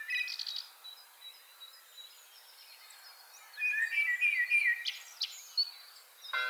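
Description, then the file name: Common blackbird song: a short high chip, then a pause and a rich fluty warble ending in sharp high squeaks. "Turdus merula"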